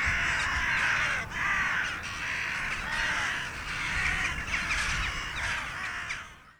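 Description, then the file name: Carrion crow giving a run of hoarse caws, fading out at the end. "Corvus corone"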